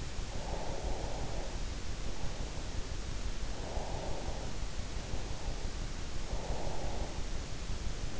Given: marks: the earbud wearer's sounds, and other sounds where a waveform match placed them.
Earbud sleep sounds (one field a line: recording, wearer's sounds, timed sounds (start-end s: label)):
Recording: sounds in sleep by an in-ear microphone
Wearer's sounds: breath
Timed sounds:
0.16-2.69 s: breath
3.30-5.60 s: breath
6.19-8.20 s: breath